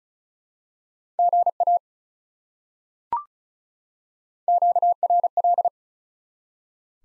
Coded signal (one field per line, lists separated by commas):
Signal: Morse code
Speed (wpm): 36 wpm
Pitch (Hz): 700 Hz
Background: none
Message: GA QRL